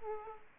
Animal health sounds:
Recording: mosquito wingbeat signal from an infrared sensor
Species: Aedes aegypti

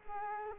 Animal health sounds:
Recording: mosquito wingbeat signal from an infrared sensor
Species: Culex quinquefasciatus

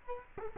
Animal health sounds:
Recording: mosquito wingbeat signal from an infrared sensor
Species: Culex quinquefasciatus

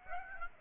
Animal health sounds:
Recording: mosquito wingbeat signal from an infrared sensor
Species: Aedes aegypti

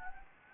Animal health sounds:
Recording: mosquito wingbeat signal from an infrared sensor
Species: Anopheles gambiae

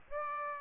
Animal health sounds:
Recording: mosquito wingbeat signal from an infrared sensor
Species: Aedes aegypti

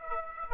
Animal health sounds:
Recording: mosquito wingbeat signal from an infrared sensor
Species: Aedes aegypti

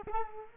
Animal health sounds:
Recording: mosquito wingbeat signal from an infrared sensor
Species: Culex quinquefasciatus

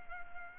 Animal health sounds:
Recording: mosquito wingbeat signal from an infrared sensor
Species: Culex pipiens

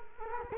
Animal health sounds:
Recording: mosquito wingbeat signal from an infrared sensor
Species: Culex quinquefasciatus

